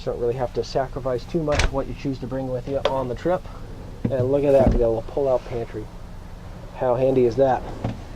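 In the galley of a 2018 RoadTrek Simplicity SRT, a pull-out pantry drawer is handled as it goes back toward its cabinet latch while someone talks. Nothing has seated or clicked yet.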